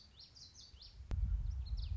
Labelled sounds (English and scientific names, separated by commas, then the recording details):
Common Yellowthroat (Geothlypis trichas)
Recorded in Sonoma County, California